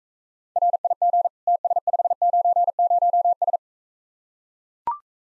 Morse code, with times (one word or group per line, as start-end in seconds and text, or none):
0.6-1.3 RIG
1.5-3.6 TS590S